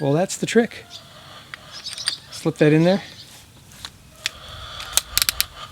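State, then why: Seated. Someone talks while a steel drill bit shank is slid into the quick-change chuck of a DeWalt DCD999 hammer drill and pushed until it locks. A few light metallic ticks and a cluster of sharp clicks follow, ending with the bit clicking into place at 5.4 s, seated and ready to use.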